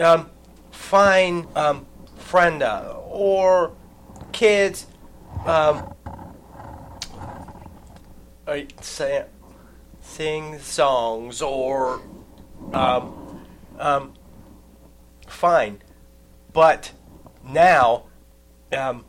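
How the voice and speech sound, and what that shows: Slow, halting speech from an adult with aphasia after stroke: isolated words and short fragments ("fine", "friend or kids", "sing songs") separated by long pauses and drawn-out "um" fillers. Effortful, agrammatic output typical of non-fluent aphasia.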